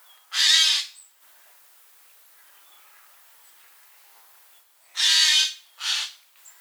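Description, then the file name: Eurasian jay with a single harsh screech, a long pause, then two more rasping screeches in quick succession; faint high calls in the background. "Garrulus glandarius"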